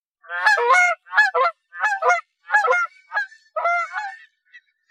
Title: Canada Goose - Branta Canadensis - Calls - Honking Flyover